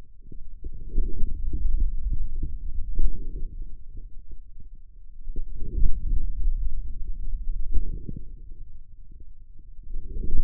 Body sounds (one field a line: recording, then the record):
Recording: forearm muscle sounds (acoustic myography)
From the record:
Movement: hand closing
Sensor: system 2, bracelet of six BSWA MPA416 microphones around the upper forearm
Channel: 6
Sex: male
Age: 22 years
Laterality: right